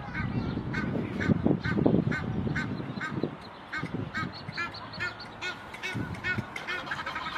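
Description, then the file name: Egyptian goose giving harsh, nasal honks repeated about twice a second, with a low rumbling background noise underneath. "Canto do ganso do egito"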